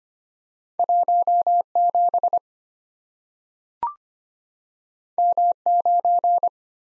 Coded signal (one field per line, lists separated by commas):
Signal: Morse code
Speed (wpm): 25 wpm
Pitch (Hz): 700 Hz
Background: none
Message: 17 M9